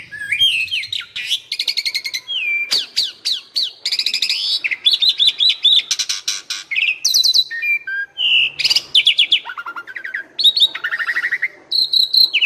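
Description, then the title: Flycatcher song, a dense run of fast buzzy trills, sharp rising and falling whistles and rapid chattering phrases that continue almost without pause. Sikatan londo masteran training material for cage birds, continuous full-speed 'tembakan' song. "Materi Suara Burung Sikatan Londo Masteran Hits Tembakan Full Speed Rapet Durasi"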